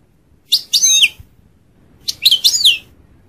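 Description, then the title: European goldfinch giving two brief twittering phrases of quick slurred high notes, about a second apart. "Chant Chardonneret"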